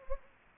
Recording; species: mosquito wingbeat signal from an infrared sensor; Anopheles gambiae